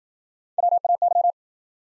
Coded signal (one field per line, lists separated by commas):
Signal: Morse code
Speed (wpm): 53 wpm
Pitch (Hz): 700 Hz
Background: none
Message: WAY